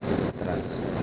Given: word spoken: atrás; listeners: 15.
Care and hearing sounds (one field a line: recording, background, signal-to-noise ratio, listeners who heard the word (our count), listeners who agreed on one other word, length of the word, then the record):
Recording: one Spanish word in noise, from a listening test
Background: noise modulated by three-talker babble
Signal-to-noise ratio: -4.9 dB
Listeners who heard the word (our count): 2 of 15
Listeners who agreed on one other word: 10 of 15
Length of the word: 0.63 s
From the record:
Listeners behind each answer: 10, 2, 2, 1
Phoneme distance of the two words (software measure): 17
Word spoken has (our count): 2 syllables, 5 phonemes, stress on syllable 2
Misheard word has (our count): 2 syllables, 6 phonemes, stress on syllable 2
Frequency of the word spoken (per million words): 110.03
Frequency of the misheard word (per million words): 87.06